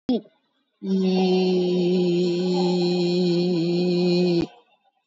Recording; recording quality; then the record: sustained vowel as in beet; excellent, no background noise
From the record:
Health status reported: COVID-19 positive, mild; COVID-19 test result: positive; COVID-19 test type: RT-PCR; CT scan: taken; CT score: 4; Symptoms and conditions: cold, breathing difficulty, sore throat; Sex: female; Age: 64 years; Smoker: no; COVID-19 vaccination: one dose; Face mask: not worn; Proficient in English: yes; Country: India